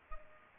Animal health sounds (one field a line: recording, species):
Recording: mosquito wingbeat signal from an infrared sensor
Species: Culex pipiens